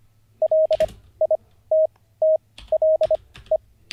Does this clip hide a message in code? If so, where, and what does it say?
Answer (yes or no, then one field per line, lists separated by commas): yes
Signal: Morse code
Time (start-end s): 0.4-3.6 s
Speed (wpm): 25 wpm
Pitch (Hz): 630 Hz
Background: none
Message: LITTLE